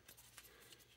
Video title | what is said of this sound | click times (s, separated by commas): GI Joe Retro Collection Cobra Stinger Needless Unboxing | we'll get a little bit of force to get it all the way up and you'll actually get a satisfying click | 0.1 s, 0.4 s